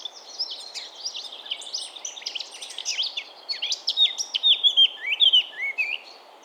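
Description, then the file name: Eurasian blackcap singing a hurried, chattering warble that builds to louder, clear whistled notes near the end, over a steady low background hiss. "Sylvia atricapilla"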